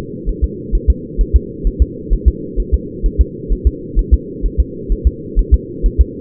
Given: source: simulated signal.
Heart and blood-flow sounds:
fetal heart sounds
0.29 s: S1
0.44 s: S2
0.75 s: S1
0.90 s: S2
1.21 s: S1
1.36 s: S2
1.67 s: S1
1.82 s: S2
2.13 s: S1
2.28 s: S2
2.60 s: S1
2.74 s: S2
3.06 s: S1
3.21 s: S2
3.53 s: S1
3.67 s: S2
3.99 s: S1
4.14 s: S2
4.45 s: S1
4.60 s: S2
4.92 s: S1
5.07 s: S2
5.39 s: S1
5.54 s: S2
5.86 s: S1
6.01 s: S2
From the record:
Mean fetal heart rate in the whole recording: 130 bpm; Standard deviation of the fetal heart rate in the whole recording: 2 bpm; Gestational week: 36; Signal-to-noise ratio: -4.1 dB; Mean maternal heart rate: no maternal heart sound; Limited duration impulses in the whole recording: absent

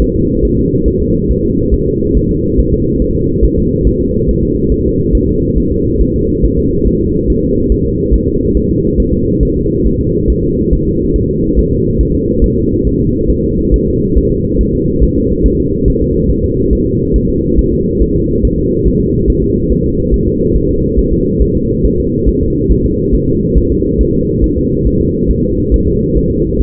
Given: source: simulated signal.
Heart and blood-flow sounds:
fetal heart sounds
0.02 s: S1
0.16 s: S2
0.45 s: S1
0.59 s: S2
0.88 s: S1
1.02 s: S2
1.31 s: S1
1.45 s: S2
1.74 s: S1
1.88 s: S2
2.17 s: S1
2.31 s: S2
2.59 s: S1
2.74 s: S2
3.02 s: S1
3.16 s: S2
3.44 s: S1
3.59 s: S2
3.87 s: S1
4.01 s: S2
4.29 s: S1
4.43 s: S2
4.72 s: S1
4.86 s: S2
5.15 s: S1
5.29 s: S2
5.58 s: S1
5.72 s: S2
6.01 s: S1
6.16 s: S2
6.45 s: S1
6.59 s: S2
6.87 s: S1
7.01 s: S2
7.30 s: S1
7.44 s: S2
7.72 s: S1
7.86 s: S2
8.14 s: S1
8.28 s: S2
8.57 s: S1
8.71 s: S2
9.00 s: S1
9.14 s: S2
9.43 s: S1
9.57 s: S2
9.87 s: S1
10.01 s: S2
10.30 s: S1
10.44 s: S2
10.73 s: S1
10.87 s: S2
11.16 s: S1
11.30 s: S2
11.59 s: S1
11.73 s: S2
12.01 s: S1
12.15 s: S2
12.44 s: S1
12.58 s: S2
12.87 s: S1
13.01 s: S2
13.30 s: S1
13.44 s: S2
13.74 s: S1
13.88 s: S2
14.18 s: S1
14.32 s: S2
14.61 s: S1
14.75 s: S2
15.03 s: S1
15.18 s: S2
15.46 s: S1
15.60 s: S2
15.88 s: S1
16.02 s: S2
16.30 s: S1
16.44 s: S2
16.73 s: S1
16.87 s: S2
17.16 s: S1
17.30 s: S2
17.59 s: S1
17.73 s: S2
18.02 s: S1
18.16 s: S2
18.45 s: S1
18.59 s: S2
18.88 s: S1
19.02 s: S2
19.30 s: S1
19.44 s: S2
19.72 s: S1
19.86 s: S2
20.14 s: S1
20.28 s: S2
20.56 s: S1
20.71 s: S2
20.99 s: S1
21.13 s: S2
21.42 s: S1
21.56 s: S2
21.85 s: S1
22.00 s: S2
22.28 s: S1
22.43 s: S2
22.72 s: S1
22.86 s: S2
23.15 s: S1
23.29 s: S2
23.58 s: S1
23.72 s: S2
24.01 s: S1
24.15 s: S2
24.44 s: S1
24.58 s: S2
24.87 s: S1
25.01 s: S2
25.31 s: S1
25.45 s: S2
25.74 s: S1
25.88 s: S2
26.17 s: S1
26.31 s: S2
26.61 s: S1
From the record:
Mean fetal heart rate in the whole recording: 140 bpm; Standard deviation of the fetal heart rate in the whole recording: 2 bpm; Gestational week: 34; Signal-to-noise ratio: -14.7 dB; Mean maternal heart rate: 72 bpm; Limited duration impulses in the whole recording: present

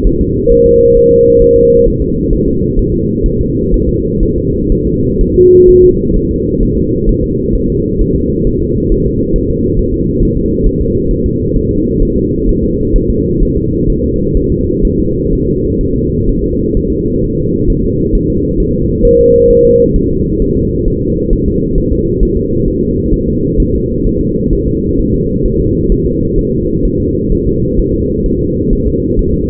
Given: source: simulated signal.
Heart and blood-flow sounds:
fetal heart sounds
0.07 s: S1
0.21 s: S2
0.52 s: S1
0.66 s: S2
0.97 s: S1
1.12 s: S2
1.42 s: S1
1.57 s: S2
1.87 s: S1
2.02 s: S2
2.33 s: S1
2.48 s: S2
2.79 s: S1
2.94 s: S2
3.26 s: S1
3.41 s: S2
3.74 s: S1
3.89 s: S2
4.23 s: S1
4.38 s: S2
4.72 s: S1
4.87 s: S2
5.21 s: S1
5.36 s: S2
5.69 s: S1
5.84 s: S2
6.16 s: S1
6.31 s: S2
6.63 s: S1
6.78 s: S2
7.09 s: S1
7.24 s: S2
7.55 s: S1
7.70 s: S2
8.01 s: S1
8.16 s: S2
8.47 s: S1
8.62 s: S2
8.92 s: S1
9.06 s: S2
9.36 s: S1
9.50 s: S2
9.79 s: S1
9.94 s: S2
10.23 s: S1
10.37 s: S2
10.66 s: S1
10.81 s: S2
11.11 s: S1
11.26 s: S2
11.56 s: S1
11.71 s: S2
12.02 s: S1
12.17 s: S2
12.49 s: S1
12.64 s: S2
12.96 s: S1
13.10 s: S2
13.42 s: S1
13.57 s: S2
13.90 s: S1
14.04 s: S2
14.37 s: S1
14.52 s: S2
14.85 s: S1
14.99 s: S2
15.33 s: S1
15.47 s: S2
15.81 s: S1
15.96 s: S2
16.29 s: S1
16.44 s: S2
16.77 s: S1
16.92 s: S2
17.24 s: S1
17.39 s: S2
17.70 s: S1
17.85 s: S2
18.15 s: S1
18.30 s: S2
18.60 s: S1
18.75 s: S2
19.05 s: S1
19.20 s: S2
19.50 s: S1
19.65 s: S2
19.96 s: S1
20.11 s: S2
20.42 s: S1
20.57 s: S2
20.88 s: S1
21.02 s: S2
21.33 s: S1
21.48 s: S2
21.78 s: S1
21.93 s: S2
22.23 s: S1
22.37 s: S2
22.68 s: S1
22.83 s: S2
23.14 s: S1
23.28 s: S2
23.60 s: S1
23.75 s: S2
24.06 s: S1
24.21 s: S2
24.53 s: S1
24.68 s: S2
24.99 s: S1
25.14 s: S2
25.46 s: S1
25.60 s: S2
25.92 s: S1
26.07 s: S2
26.38 s: S1
26.53 s: S2
26.85 s: S1
27.00 s: S2
27.32 s: S1
27.47 s: S2
27.79 s: S1
27.94 s: S2
28.26 s: S1
28.41 s: S2
28.73 s: S1
28.88 s: S2
29.19 s: S1
29.34 s: S2
From the record:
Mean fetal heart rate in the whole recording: 130 bpm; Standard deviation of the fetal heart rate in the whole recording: 4 bpm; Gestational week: 38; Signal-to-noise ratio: -14.7 dB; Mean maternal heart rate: 72 bpm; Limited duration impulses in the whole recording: present

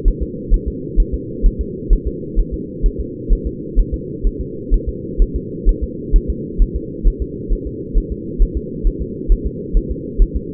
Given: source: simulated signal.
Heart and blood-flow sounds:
fetal heart sounds
0.08 s: S1
0.23 s: S2
0.54 s: S1
0.68 s: S2
1.00 s: S1
1.14 s: S2
1.46 s: S1
1.61 s: S2
1.93 s: S1
2.07 s: S2
2.40 s: S1
2.54 s: S2
2.86 s: S1
3.01 s: S2
3.33 s: S1
3.47 s: S2
3.79 s: S1
3.94 s: S2
4.27 s: S1
4.41 s: S2
4.74 s: S1
4.89 s: S2
5.22 s: S1
5.36 s: S2
5.69 s: S1
5.84 s: S2
6.16 s: S1
6.30 s: S2
6.62 s: S1
6.76 s: S2
7.07 s: S1
7.22 s: S2
7.53 s: S1
7.67 s: S2
7.98 s: S1
8.12 s: S2
8.42 s: S1
8.57 s: S2
8.87 s: S1
9.02 s: S2
9.32 s: S1
9.47 s: S2
9.77 s: S1
9.91 s: S2
10.22 s: S1
10.36 s: S2
From the record:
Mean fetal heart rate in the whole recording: 130 bpm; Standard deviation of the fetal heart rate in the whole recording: 2 bpm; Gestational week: 38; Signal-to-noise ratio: -4.1 dB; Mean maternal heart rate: no maternal heart sound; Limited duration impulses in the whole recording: absent

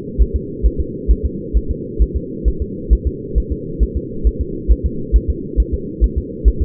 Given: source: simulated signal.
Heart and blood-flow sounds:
fetal heart sounds
0.22 s: S1
0.36 s: S2
0.66 s: S1
0.80 s: S2
1.11 s: S1
1.25 s: S2
1.57 s: S1
1.71 s: S2
2.02 s: S1
2.16 s: S2
2.48 s: S1
2.62 s: S2
2.93 s: S1
3.07 s: S2
3.38 s: S1
3.52 s: S2
3.83 s: S1
3.97 s: S2
4.27 s: S1
4.41 s: S2
4.71 s: S1
4.86 s: S2
5.16 s: S1
5.30 s: S2
5.60 s: S1
5.74 s: S2
6.04 s: S1
6.18 s: S2
6.48 s: S1
6.62 s: S2
From the record:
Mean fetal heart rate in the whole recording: 135 bpm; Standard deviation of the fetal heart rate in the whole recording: 3 bpm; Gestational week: 34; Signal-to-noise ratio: -4.3 dB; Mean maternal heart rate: 72 bpm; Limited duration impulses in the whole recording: absent

